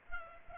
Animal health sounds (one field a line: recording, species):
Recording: mosquito wingbeat signal from an infrared sensor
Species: Culex pipiens